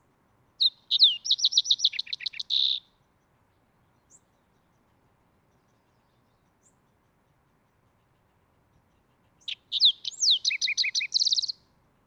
Green-tailed Towhee song and call recorded in Upper Beaver Meadows in Rocky Mountain National Park.